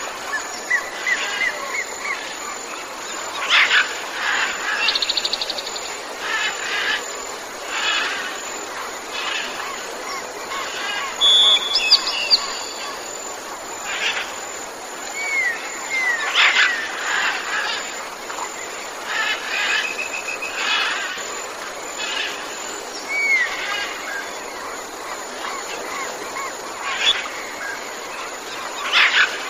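Several kinds of birds call and sing together, their bright chirps and short whistles overlapping in a busy, continuous chorus. Louder bursts come every few seconds, with a few rising whistled notes standing out, over a steady thin hiss and little low sound.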